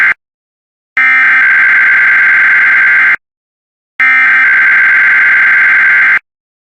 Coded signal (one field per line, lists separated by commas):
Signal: Emergency Alert System (SAME) tones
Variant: header bursts